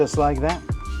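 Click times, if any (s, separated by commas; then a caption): none. An unnamed clip or connector is handled at its mount in the engine bay of a 1992 Honda Civic VX being prepped for first startup of its supercharged B18C engine. Someone talks over background music. Nothing has seated or clicked yet by the end of the clip.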